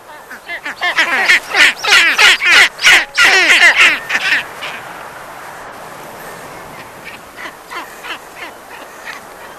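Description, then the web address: South polar skua giving a loud series of harsh, rapidly repeated calls in the first four seconds, then quieter scattered notes over constant background hiss. "earth naturelibrary assets s so south polar skua"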